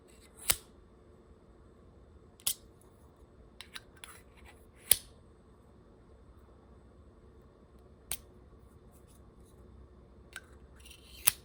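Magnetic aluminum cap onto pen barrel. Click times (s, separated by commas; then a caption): 0.5 s, 4.9 s, 11.3 s. The magnetic aluminum cap of a matte black gel pen is put on and pulled off its plastic and brushed-metal barrel several times. Sharp, bright clicks ring out at 0.5, 4.9 and 11.3 seconds as the cap snaps onto the barrel, with softer ticks in between as it comes off. Each time, the cap seats firmly on the pen.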